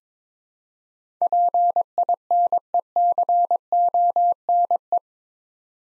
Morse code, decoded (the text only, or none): PINECONE